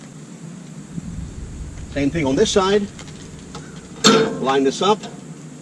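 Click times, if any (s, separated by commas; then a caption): none. A wheelchair ramp's locking handle on a vehicle is lined up on the second side and handled toward its latch while someone talks. A faint tap is heard amid the voice, but the handle has not yet been pushed down into its latch, and nothing has seated or clicked yet.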